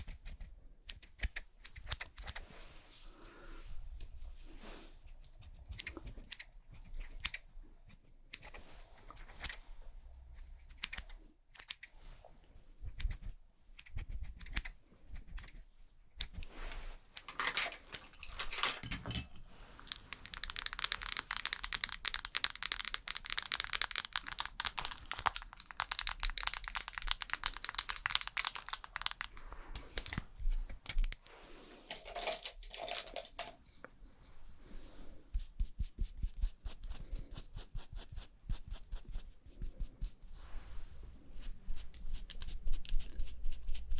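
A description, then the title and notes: Fast makeup sounds with crinkling, tapping and scratching bursts, growing denser and brighter from about twenty to thirty-three seconds. ASMR Doing Your MINT Makeup (Fast & Aggressive Layered Sounds) NO TALKING.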